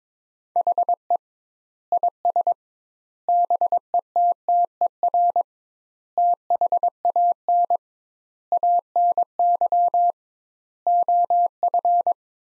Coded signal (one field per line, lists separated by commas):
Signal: Morse code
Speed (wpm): 22 wpm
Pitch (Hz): 700 Hz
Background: none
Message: HE IS BETTER THAN ANY OF